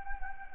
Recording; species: mosquito wingbeat signal from an infrared sensor; Anopheles gambiae